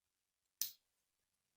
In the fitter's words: once you hear that click